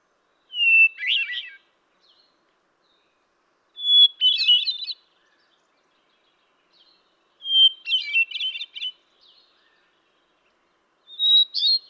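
Hermit thrush singing four phrases, each a pure held note leading into a flutelike flourish, repeated roughly every three to four seconds.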